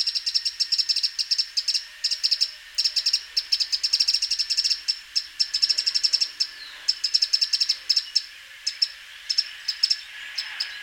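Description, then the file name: Eurasian wren calls: repeated bursts of rapid dry ticks forming rattles, with short gaps between runs throughout. "Troglodytes troglodytes"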